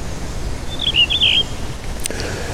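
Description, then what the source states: Blue rock thrush song: one brief, clear warbled phrase, followed by a sharp click. Song heard these days; inhabits stony, rocky areas, river valleys and ruins of abandoned villages and towns.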